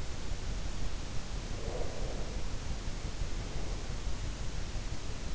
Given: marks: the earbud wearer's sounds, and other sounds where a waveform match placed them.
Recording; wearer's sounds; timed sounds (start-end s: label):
sounds in sleep by an in-ear microphone; breath
1.53-4.06 s: breath